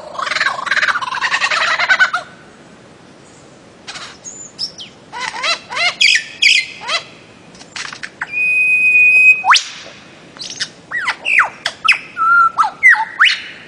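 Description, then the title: Bird-of-paradise song opening with a harsh rasping burst, then varied chirps, a long steady high whistle, and rapid falling and rising notes, with faint background hiss. Master song used for training songbirds. "Kicau Master Cendrawasih"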